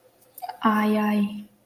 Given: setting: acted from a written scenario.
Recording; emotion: vocal sound without words; pain